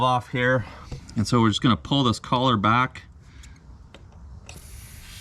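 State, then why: Seated. Someone talks while pulling back the collar of an air hose quick-connect coupling and pushing it onto a valve fitting of a Jeep onboard air inflation system. Sharp mechanical clicks sound at 4.0 s and 4.5 s, followed by a steady high hiss. The coupler snaps on and seats, and the line fills with air.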